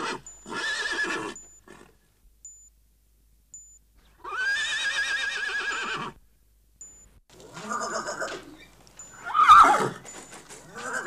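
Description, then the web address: Horse neighing in several wavering whinnies separated by pauses, the last the loudest and harshest. "Pferd"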